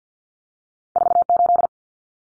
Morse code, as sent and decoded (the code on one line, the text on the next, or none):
....- ---..
48